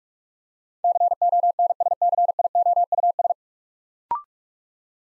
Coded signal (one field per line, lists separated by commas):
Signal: Morse code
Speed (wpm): 44 wpm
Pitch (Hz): 700 Hz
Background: none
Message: CONSCIOUS